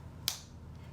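The top of a loose powder compact is pressed closed, giving one sharp, bright click at 0.3 s over a low steady hum. The lid clicks into place securely enough to travel with.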